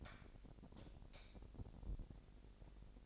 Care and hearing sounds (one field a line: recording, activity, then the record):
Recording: daily activity, microphone in the room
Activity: light off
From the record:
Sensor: 5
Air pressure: 1012.0 hPa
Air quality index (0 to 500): 244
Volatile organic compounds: 4 ppm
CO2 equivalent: 1691 ppm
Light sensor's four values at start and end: 43/102/42/45 and 41/96/40/42